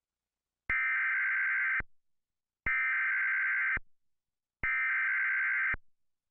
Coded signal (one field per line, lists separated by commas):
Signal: Emergency Alert System (SAME) tones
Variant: header bursts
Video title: USA EAS alarm (Braden don't wanna go to bed) GIGA OMEGA HELLISH LOUD